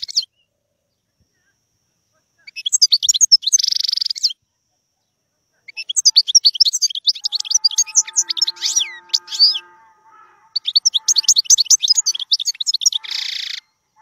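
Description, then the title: European goldfinch singing in three bursts of liquid, twittering notes mixed with nasal buzzes; a faint steady tone runs under the latter part. Wild bird; song. "غناءالحسون الخلويchant chardonneret sauvage"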